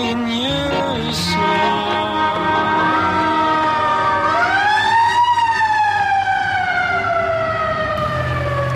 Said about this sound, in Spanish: No es la ambulancia del Facho Martel.